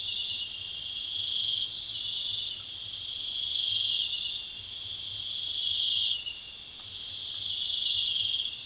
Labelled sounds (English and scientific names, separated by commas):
none